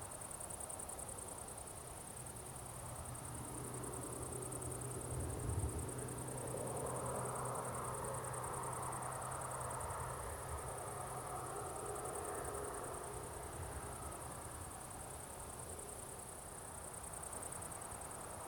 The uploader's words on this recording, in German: Wiese am Abend, leichter Wind, Straße in der Ferne. Höre die Grillen zirpen und in der Ferne die Geräusche einer Straße.